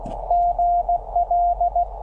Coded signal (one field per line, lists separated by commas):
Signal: Morse code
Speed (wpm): 15 wpm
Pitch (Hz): 690 Hz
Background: none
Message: GL